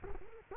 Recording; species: mosquito wingbeat signal from an infrared sensor; Culex quinquefasciatus